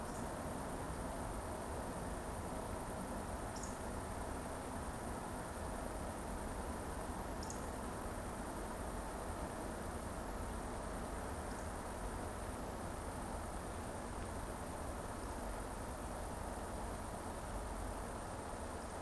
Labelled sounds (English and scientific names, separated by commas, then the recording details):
Eurasian Woodcock (Scolopax rusticola) whistle
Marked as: whistle, whistle, whistle, whistle, whistle, whistle
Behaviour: display flight
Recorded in Baden-Württemberg, Germany, on 25 June 2020 at 20:24 UTC
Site 14569, 102 m above sea level